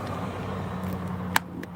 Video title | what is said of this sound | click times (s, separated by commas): Replacing A Broken Charger and Maybe Some Chicken Time | quick uh it's the first time i've got a click from this end of the | 1.4 s